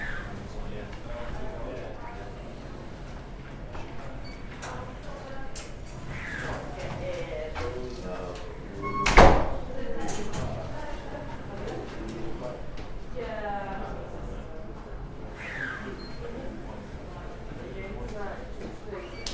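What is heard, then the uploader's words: At a library entrance, people talk steadily in the background, voices overlapping in a busy murmur. Just past nine seconds a door bangs sharply, the loudest moment, with scattered clicks and footsteps throughout and a low constant hum underneath. Sounds of UCL: Science Library entrance. In this recording the two microphones are capturing the overall sounds of the Science Library entrance area while other two are placed on the floor: one microphone is standing outside of the library turnstile while the other one is being placed inside of the library turnstile.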